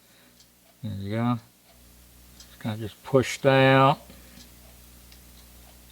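Someone talks while the little plastic hooks on either side of a part of an Athearn Blue Box HO-scale model boxcar kit are pushed out and over their mating edge on the car body/frame. Only faint small ticks are heard around 2.4 and 5.1 seconds over a quiet background. Nothing has snapped into place or seated yet by the end of the clip.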